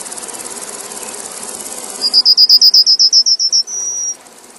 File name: yellowhammer